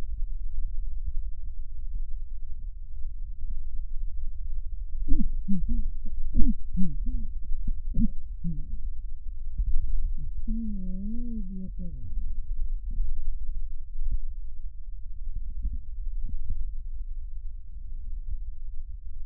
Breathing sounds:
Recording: lung sounds by stethoscope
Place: left posterior basal chest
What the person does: quiet breathing, then cough and speech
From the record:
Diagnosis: interstitial lung disease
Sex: female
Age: 74 years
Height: 150 cm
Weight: 69.8 kg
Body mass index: 31.0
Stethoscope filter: bell mode

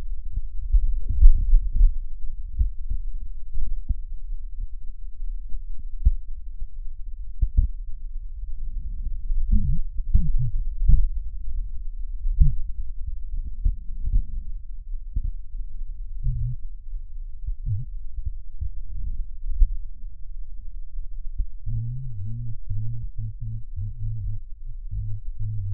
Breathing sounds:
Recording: lung sounds by stethoscope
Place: right posterior basal chest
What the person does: quiet breathing, then cough and speech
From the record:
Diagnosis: none (healthy)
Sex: male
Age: 35 years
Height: 186 cm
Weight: 108 kg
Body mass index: 31.2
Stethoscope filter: bell mode

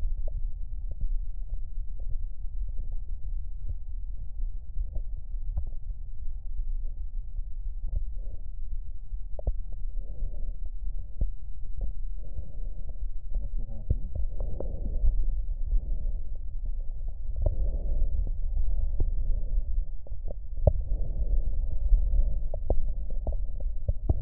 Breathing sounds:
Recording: lung sounds by stethoscope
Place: right posterior apical chest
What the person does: quiet breathing, then deep breathing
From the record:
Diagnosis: COPD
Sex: female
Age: 68 years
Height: 150 cm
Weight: 70 kg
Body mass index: 31.1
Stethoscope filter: extended mode

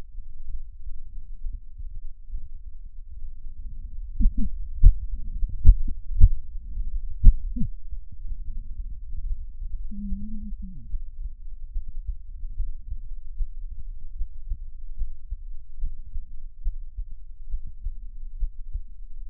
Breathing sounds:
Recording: lung sounds by stethoscope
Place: left anterior apical chest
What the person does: quiet breathing, then cough and speech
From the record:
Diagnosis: interstitial lung disease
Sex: female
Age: 60 years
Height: 154 cm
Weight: 68.1 kg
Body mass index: 28.7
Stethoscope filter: bell mode

